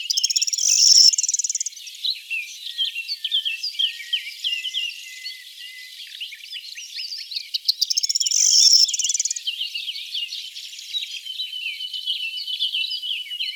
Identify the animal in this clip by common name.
Corn Bunting